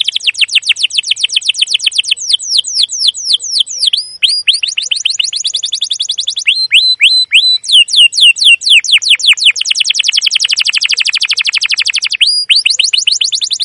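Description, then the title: Canary song: continuous high trilling, alternating rapid downward-sweeping chirps with dense buzzy rolls and a few spaced sliding notes. Long, continuous 'cuit cuit' trilling; used as a lure to train young canaries to sing. "CUIT CUIT NGEROL LANGSUNG GACOR PANJANG Kenari Ini Utk Pancingan KENAR. PANCINGAN Kenari GACOR PANJANG Cuit CUIT EMOSI ini utk MASTERAN Kenari PAUD belajar BUNYI"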